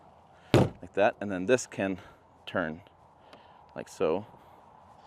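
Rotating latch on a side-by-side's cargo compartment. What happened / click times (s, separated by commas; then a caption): The latch is being turned by hand but has not yet locked / none. A rotating latch on the cargo compartment of a 2026 Polaris Xpedition ADV side-by-side (UTV) is turned by hand toward its locked position while someone talks. A sharp knock is heard at about 0.5 s, followed by fainter taps around 0.8 s and 3.3 s. The latch has not locked into place yet.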